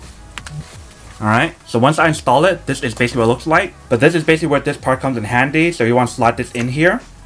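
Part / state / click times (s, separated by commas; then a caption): plastic camera mount clip into chest harness strap receiver / not seated / none. Someone talks while handling a plastic GoPro mount clip, about to slide it into the receiver on a chest strap harness. A couple of faint sharp ticks sound near the start. The clip ends before the mount goes home, so nothing has snapped in or seated yet.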